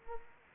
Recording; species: mosquito wingbeat signal from an infrared sensor; Anopheles arabiensis